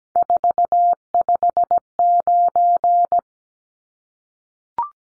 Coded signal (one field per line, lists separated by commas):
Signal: Morse code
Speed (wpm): 17 wpm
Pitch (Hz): 700 Hz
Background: none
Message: 459